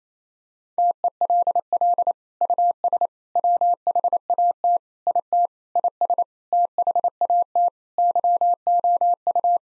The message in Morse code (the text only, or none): TELL US WHAT IT IS THAT YOU